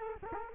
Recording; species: mosquito wingbeat signal from an infrared sensor; Culex quinquefasciatus